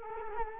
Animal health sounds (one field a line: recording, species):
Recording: mosquito wingbeat signal from an infrared sensor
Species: Culex quinquefasciatus